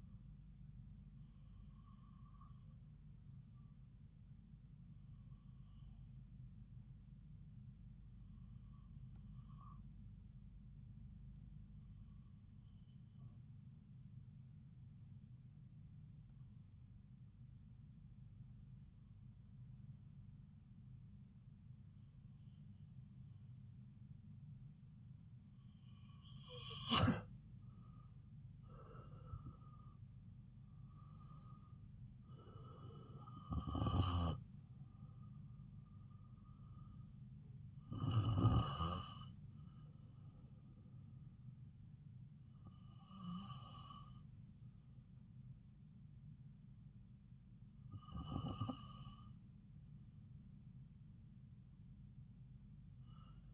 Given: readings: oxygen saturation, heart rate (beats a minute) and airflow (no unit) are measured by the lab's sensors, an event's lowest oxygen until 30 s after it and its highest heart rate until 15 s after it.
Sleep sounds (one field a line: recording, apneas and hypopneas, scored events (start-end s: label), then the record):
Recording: breathing in sleep by a smartphone at the bedside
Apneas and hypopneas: 1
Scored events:
3.00-30.10 s: hypopnea (REM, oxygen 95% highest, then 90% lowest)
From the record:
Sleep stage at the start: REM sleep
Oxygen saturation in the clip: 90 to 95%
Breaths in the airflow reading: 9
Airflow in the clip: -6.6 to 5.4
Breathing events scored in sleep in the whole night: 270 in 6.1 hours asleep